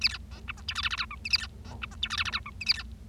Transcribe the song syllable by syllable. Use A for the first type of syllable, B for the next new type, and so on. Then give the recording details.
A B C D E F G H H I J K A B C D E F G H H I K A B. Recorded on 25 March 2012 at 11:18. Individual gy6or6